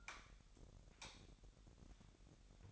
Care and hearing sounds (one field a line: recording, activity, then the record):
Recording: daily activity, microphone in the room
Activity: light off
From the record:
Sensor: 3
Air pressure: 1011.9 hPa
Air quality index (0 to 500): 231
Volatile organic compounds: 5 ppm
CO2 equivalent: 1715 ppm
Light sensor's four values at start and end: 15/39/16/16 and 13/31/13/13